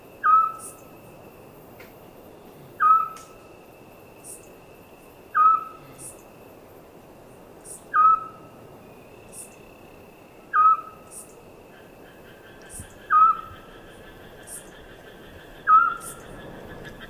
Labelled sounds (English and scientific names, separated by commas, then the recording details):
Eurasian Scops Owl (Otus scops)
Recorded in the wild
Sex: male
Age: adult
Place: Tiuccia, Corsica, FR
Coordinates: 42.0703, 8.73083
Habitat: urban place
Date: 2011-07-18 23:56
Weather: 20°C, clear, almost windless
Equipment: Fostex FR2-LE, Sennheiser ME66, Popschutz
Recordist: Frommolt, Karl-Heinz